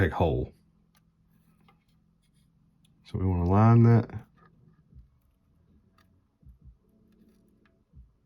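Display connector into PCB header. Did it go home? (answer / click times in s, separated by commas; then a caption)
no / none. A display connector is lined up with a PCB header and brought toward it before being pushed home, while someone talks and faint handling ticks are heard. Nothing has seated or clicked yet.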